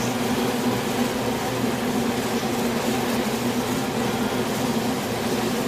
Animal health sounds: honeybee colony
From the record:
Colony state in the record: swarm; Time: day

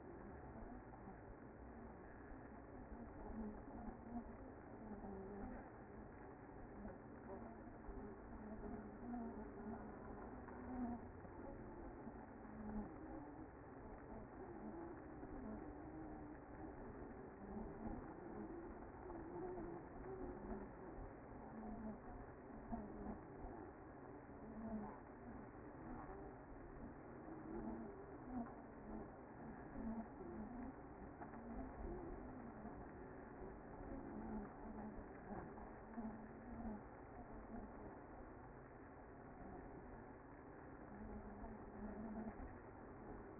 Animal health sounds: honeybee colony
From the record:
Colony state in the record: active

